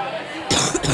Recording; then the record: coughing mixed with background sound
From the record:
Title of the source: Wet coughing